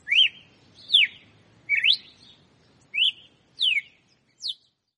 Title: Canto Galo Campina Fêmea. Galo de Campina Açoite Compassado